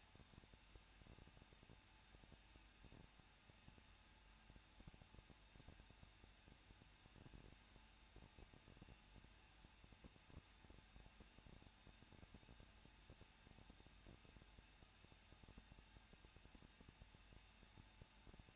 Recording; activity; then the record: daily activity, microphone in the room; no activity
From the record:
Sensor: 2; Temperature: 21.0 degrees Celsius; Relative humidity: 37.5%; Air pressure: 1006.3 hPa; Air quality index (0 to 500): 223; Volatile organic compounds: 25 ppm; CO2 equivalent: 2832 ppm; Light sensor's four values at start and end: 2/3/2/2 and 2/3/2/2